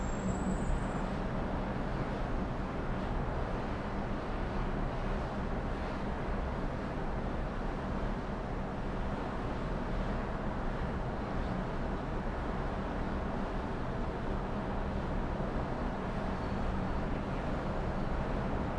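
Melbourne city in the early evening from 29 floors up: a steady, dense low rumble of traffic that barely changes throughout.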